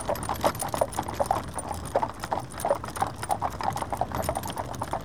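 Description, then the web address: Horse hoofbeats in clear, ringing clops, a brisk irregular rhythm of strikes with a soft low rumble beneath. Horses drawing the Norwich Union stagecoach and four. "BBC Sound Effects Library - Horses Dogs Norwich Union Stagecoach And Four"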